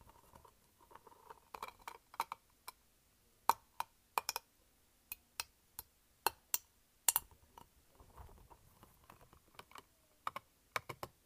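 A light-up spiky ball makes a run of sharp, bright taps and clicks, irregular and sometimes clustered, with the loudest hits near 3.5, 6.3 and 7 seconds. Between the hits, soft rubbery rustling and scratching fill the gaps over a quiet low hum.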